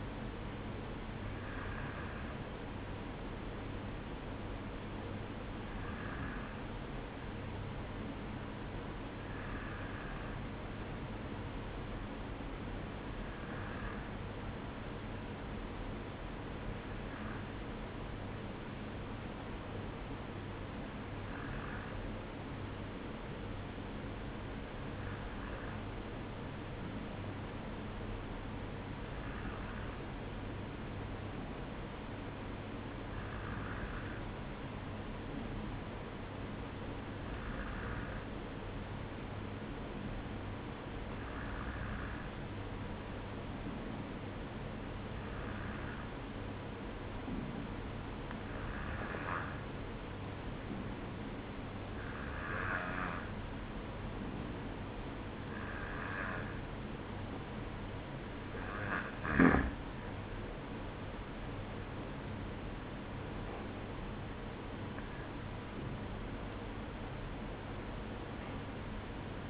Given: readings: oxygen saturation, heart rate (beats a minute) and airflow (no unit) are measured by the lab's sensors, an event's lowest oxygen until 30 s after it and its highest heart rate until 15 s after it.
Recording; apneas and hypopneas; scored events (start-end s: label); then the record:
breathing in sleep by a voice recorder at the bedside; 1
17.00-69.50 s: new sleep stage, N2 (light sleep)
25.00-63.50 s: hypopnea (N2, oxygen 94% highest, then 93% lowest, heart rate 53 at the start, 61 highest)
From the record:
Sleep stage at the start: N1 (lightest sleep); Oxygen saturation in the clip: 93 to 95%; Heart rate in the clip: 53 to 60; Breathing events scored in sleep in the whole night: 305 in 9.6 hours asleep